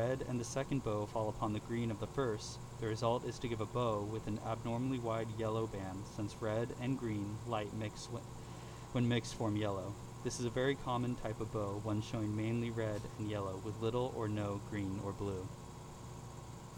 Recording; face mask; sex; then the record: reading aloud; surgical mask; male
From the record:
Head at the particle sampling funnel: tilted down, bridge of the nose in front of it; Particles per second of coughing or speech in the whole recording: 0.135